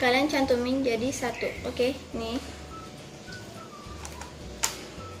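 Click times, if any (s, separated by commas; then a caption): 4.6 s. A lens is lined up with a Canon EOS M50 mirrorless camera body by matching the white dots, then turned to the right into the bayonet mount. Someone talks at the start, followed by quiet handling and small ticks near 4.1 and 4.2 seconds. A sharp click at 4.6 seconds marks the lens seating and being attached.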